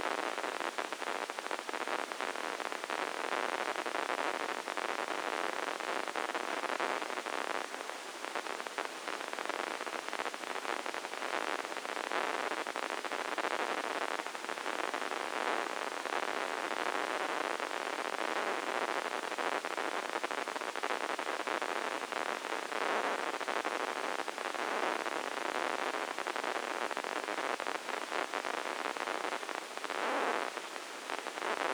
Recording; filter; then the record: brain microelectrode recording played as sound; spike band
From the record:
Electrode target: subthalamic nucleus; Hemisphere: left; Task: reaching with the right hand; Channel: 1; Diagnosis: Parkinson's disease